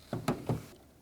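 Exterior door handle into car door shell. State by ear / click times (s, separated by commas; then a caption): seated / 0.3 s. A new exterior door handle for a 2006-2011 Chevrolet HHR is inserted into the car door shell and pressed toward the front of the door. Three short knocks are heard, and the loudest and sharpest is at 0.3 s, when the handle snaps into place and is seated.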